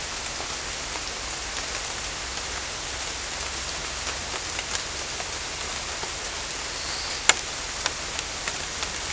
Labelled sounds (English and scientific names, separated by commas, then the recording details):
none
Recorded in dense forest near Puerto Asís, Putumayo, Colombia, on 16 December 2024 at 17:00
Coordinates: 0.468, -76.322
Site G071